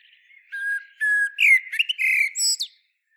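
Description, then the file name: Common blackbird song: low fluted whistled notes rising into higher warbled phrases, ending in a short high squeaky twitter. "Turdus merula"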